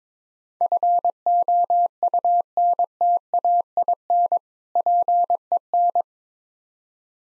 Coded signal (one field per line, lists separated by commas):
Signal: Morse code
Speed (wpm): 22 wpm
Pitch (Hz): 700 Hz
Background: none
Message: FOUNTAIN PEN